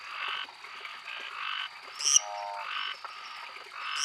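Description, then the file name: Lesser treefrog giving several rasping, pulsed notes over a steady high tone, with a couple of sharp high chirps. "Dendropsophus minutus"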